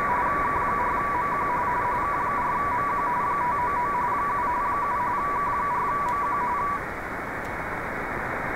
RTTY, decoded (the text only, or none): K4MQ K4MQ 599 7 7 K4MQ